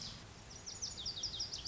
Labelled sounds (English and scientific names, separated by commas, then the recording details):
Lazuli Bunting (Passerina amoena)
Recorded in Sonoma County, California